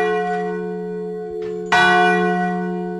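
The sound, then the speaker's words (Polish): A large bronze bell, placed underground, tolls with a deep, sustained hum and rich ringing overtones, a fresh loud strike landing partway through over the lingering decay of the previous one. “Słyszę ten dzwon, wielki spiżowy dzwon, który jest umieszczony pod ziemią.”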